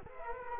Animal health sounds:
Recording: mosquito wingbeat signal from an infrared sensor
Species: Culex quinquefasciatus

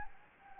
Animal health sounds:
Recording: mosquito wingbeat signal from an infrared sensor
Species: Anopheles gambiae

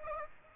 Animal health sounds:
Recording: mosquito wingbeat signal from an infrared sensor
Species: Aedes aegypti

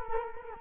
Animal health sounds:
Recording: mosquito wingbeat signal from an infrared sensor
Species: Culex quinquefasciatus

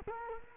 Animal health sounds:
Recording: mosquito wingbeat signal from an infrared sensor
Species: Culex quinquefasciatus

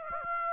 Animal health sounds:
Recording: mosquito wingbeat signal from an infrared sensor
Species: Aedes aegypti

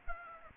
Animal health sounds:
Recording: mosquito wingbeat signal from an infrared sensor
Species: Aedes aegypti

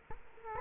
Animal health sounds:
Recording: mosquito wingbeat signal from an infrared sensor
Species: Culex quinquefasciatus

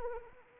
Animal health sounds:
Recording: mosquito wingbeat signal from an infrared sensor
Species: Anopheles arabiensis

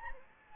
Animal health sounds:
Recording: mosquito wingbeat signal from an infrared sensor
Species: Anopheles gambiae

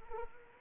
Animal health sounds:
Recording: mosquito wingbeat signal from an infrared sensor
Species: Anopheles arabiensis

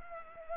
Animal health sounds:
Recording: mosquito wingbeat signal from an infrared sensor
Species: Culex pipiens

